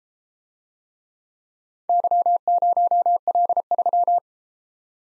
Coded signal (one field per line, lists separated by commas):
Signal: Morse code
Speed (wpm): 34 wpm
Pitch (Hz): 700 Hz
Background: none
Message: Y0L3